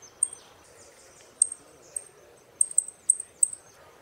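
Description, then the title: Saffron finch uttering thin, high chips, sparse at first and then coming faster in a short run near the end, with soft hiss behind. "Jilguero Argentino"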